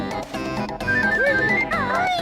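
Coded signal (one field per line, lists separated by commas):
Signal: none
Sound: game sound beeps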